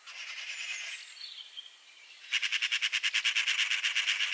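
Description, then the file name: Eurasian magpie harsh chattering call, a fast run of rasping notes lasting about two seconds, after fainter bird sounds at the start. "Pica pica"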